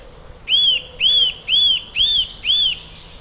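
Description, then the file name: Eurasian nuthatch calling: five loud arched whistles, each rising then falling, evenly repeated about every half second, with a faint steady high tone behind. "Sitta europaea"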